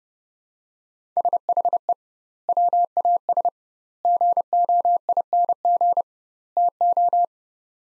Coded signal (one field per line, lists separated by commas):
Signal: Morse code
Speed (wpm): 30 wpm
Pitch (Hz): 700 Hz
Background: none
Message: SHE WAS GOING TO